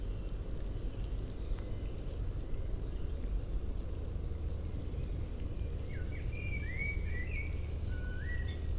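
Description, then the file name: Common blackbird: a short burst of rising and falling whistled notes near the end, preceded by faint high squeaks, with steady low background rumble throughout. "Turdus merula"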